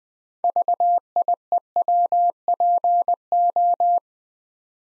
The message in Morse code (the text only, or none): VIEWPO